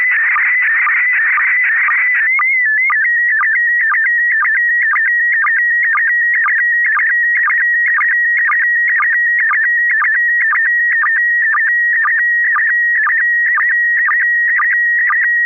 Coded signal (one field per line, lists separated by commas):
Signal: SSTV (slow-scan television)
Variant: PD 120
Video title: N6NA SSTV Net - 04/30/2025